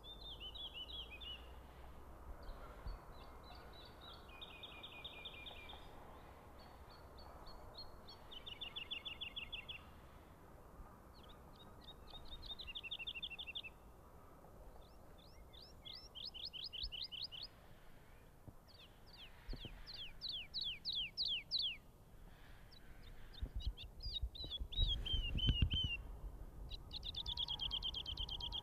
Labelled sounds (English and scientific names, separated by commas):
Wood Lark (Lullula arborea) song